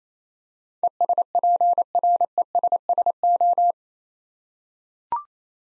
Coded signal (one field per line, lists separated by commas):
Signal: Morse code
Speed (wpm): 27 wpm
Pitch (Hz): 700 Hz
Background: none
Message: ESPRESSO